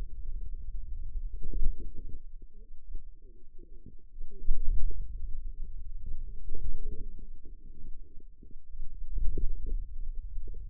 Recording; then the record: forearm muscle sounds (acoustic myography)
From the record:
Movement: hand closing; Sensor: system 2, bracelet of six BSWA MPA416 microphones around the upper forearm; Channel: 5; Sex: female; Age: 21 years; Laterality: right